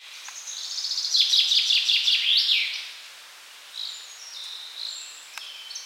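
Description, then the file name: Common chaffinch song: a rapid series of bright notes ending in a flourish, then softer high chirps. "Fringilla coelebs"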